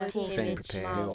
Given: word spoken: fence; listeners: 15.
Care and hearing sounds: one English word in noise, from a listening test; four-talker babble; -2.5 dB; 1 of 15; 6 of 15; 0.74 s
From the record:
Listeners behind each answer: 6, 3, 1, 1, 1, 1, 1, 1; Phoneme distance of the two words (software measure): 47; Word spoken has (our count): 1 syllable, 4 phonemes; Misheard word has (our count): 2 syllables, 5 phonemes, stress on syllable 2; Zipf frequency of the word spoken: 4.31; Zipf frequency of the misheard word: 4.48

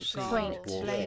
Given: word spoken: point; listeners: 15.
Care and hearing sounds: one English word in noise, from a listening test; four-talker babble; -2.4 dB; 0 of 15; 6 of 15; 0.66 s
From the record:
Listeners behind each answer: 6, 2, 2, 1, 1, 1, 1, 1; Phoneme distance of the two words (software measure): 27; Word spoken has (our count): 1 syllable, 4 phonemes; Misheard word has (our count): 1 syllable, 5 phonemes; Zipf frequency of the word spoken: 5.60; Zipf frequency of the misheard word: 3.41

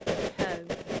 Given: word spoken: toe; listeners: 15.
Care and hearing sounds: one English word in noise, from a listening test; noise modulated by three-talker babble; -6.2 dB; 2 of 15; 10 of 15; 0.60 s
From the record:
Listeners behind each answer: 10, 2, 1, 1, 1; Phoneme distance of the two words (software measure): 17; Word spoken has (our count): 1 syllable, 2 phonemes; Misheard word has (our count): 1 syllable, 3 phonemes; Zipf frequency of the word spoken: 4.08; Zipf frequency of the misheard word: 5.86

